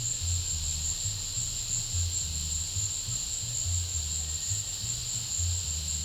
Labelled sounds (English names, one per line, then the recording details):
none
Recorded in pastures near Puerto Asís, Putumayo, Colombia, on 22 December 2024 at 14:30
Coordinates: 0.496, -76.326
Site G004